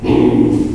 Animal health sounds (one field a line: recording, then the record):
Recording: squeal of a Yucatan mini pig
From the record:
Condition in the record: before surgery on the right vocal fold (resection and tissue-engineered implant)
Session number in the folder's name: 1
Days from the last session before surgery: -3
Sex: male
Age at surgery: 12 weeks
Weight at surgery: 13 kg